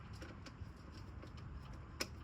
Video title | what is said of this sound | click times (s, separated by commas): I goofed up!! | Perfect torque right there. My little click torque wrench, y'all hear that? Clicked on me. | 2.0 s